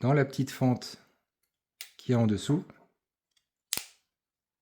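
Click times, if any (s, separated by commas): 3.7 s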